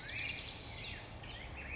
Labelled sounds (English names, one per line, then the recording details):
Black-headed Grosbeak
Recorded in Sonoma County, California